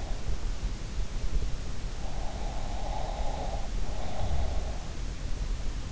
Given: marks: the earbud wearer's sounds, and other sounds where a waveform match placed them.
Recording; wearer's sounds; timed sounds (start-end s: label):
sounds in sleep by an in-ear microphone; breath
2.41-4.74 s: breath